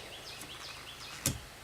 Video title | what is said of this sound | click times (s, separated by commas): 99 04 Volkswagen wiper blade replacement simple & easy | and pull back till it clicks. | 1.3 s